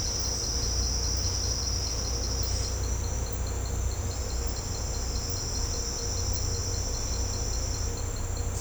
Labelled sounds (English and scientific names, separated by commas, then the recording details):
none
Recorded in secondary vegetation near Puerto Asís, Putumayo, Colombia, on 18 December 2024 at 08:00
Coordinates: 0.502, -76.326
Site G028